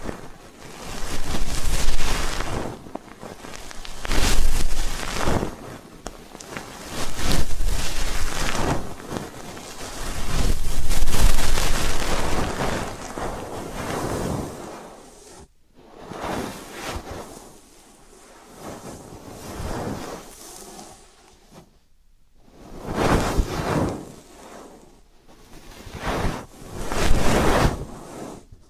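ASMR ear cleaning with rushing, scratchy rubbing sounds that swell and fade in waves every few seconds. The first half is dense and continuous; after about fifteen seconds the strokes turn shorter and more separated, with brief near-silent gaps between them.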